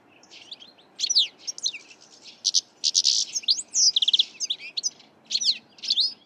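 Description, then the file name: European goldfinch song: a rapid, varied jumble of liquid twitters, tinkling notes and short buzzy trills. "Carduelis carduelis"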